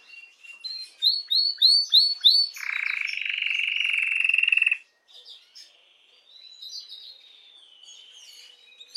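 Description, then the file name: Canary song opening with quick rising chirps, followed by a long low buzzing trill, a brief pause, then quieter warbled notes. Belgian mosaic canary. "canto do canario belga mosaico"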